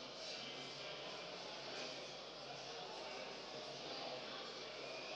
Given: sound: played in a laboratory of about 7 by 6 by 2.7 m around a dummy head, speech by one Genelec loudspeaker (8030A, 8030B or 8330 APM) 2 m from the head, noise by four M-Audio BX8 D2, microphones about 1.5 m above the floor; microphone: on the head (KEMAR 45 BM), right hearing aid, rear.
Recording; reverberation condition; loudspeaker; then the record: cafeteria noise; high; four, about 170 cm from the corners of the room and facing them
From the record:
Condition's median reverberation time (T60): about 1300 ms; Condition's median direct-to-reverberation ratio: about -4.0 dB